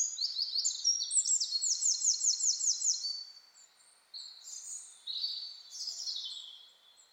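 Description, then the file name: Eurasian wren song: sharp high notes running into a fast, high rattling trill, followed by scattered high notes and short buzzy bursts. "Troglodytes troglodytes"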